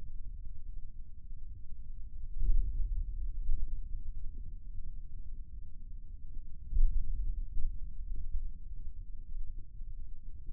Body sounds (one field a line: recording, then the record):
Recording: forearm muscle sounds (acoustic myography)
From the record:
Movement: hand opening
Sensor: system 2, bracelet of six BSWA MPA416 microphones around the upper forearm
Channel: 3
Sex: male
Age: 22 years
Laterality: right